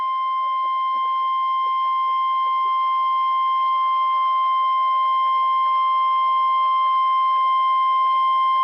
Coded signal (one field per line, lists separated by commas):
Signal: Emergency Alert System (SAME) tones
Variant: 1050 Hz attention tone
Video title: Severe Thunderstorm Watch (EAS #363)